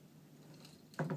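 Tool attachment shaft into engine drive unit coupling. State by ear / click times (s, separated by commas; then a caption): seated / 1.0 s. A garden tool attachment shaft from a ROK 43cc 4 in 1 Combination Petrol Garden Kit is pushed all the way down into the petrol drive unit coupling and turned. After faint handling sounds, it gives a sharp click at 1.0 s, followed by a softer knock about 0.1 s later. The attachment is seated and locked, held because the end of its small plate locks into a hole.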